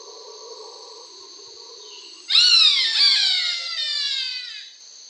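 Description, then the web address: Slender-billed kite giving a drawn-out whistled call that slurs downward in several ringing layers, starting midway and fading after about two and a half seconds, over a steady high hum. Eastern lowlands of South America. "Natures Songs S America Eastern Lowlands. Slender-billed Kite"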